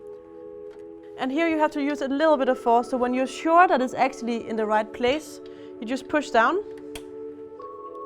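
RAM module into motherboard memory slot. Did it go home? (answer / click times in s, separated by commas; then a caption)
yes / 7.0 s. Someone talks over steady background music while pushing the first RAM module down into a motherboard DIMM slot with some force. A sharp click at 7.0 s marks the retention clips snapping shut as the stick seats.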